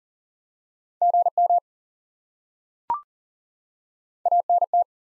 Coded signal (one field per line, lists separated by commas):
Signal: Morse code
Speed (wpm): 40 wpm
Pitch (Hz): 700 Hz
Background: none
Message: GM ANT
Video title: Top 20 QSO Elements 40wpm